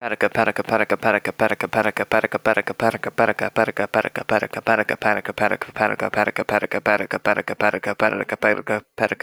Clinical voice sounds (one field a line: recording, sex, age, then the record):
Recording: repeated syllables /pa ta ka/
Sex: male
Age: 18 to 19 years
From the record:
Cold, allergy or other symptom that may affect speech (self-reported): no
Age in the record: 19 years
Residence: North Carolina, United States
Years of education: 12